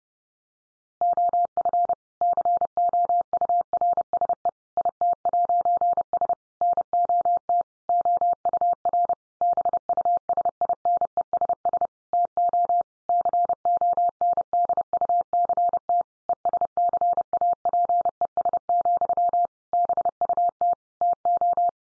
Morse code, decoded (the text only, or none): OF COURSE IT'S NOT OUR BUSINESS TO CONDUCT ESCAPES, BUT TO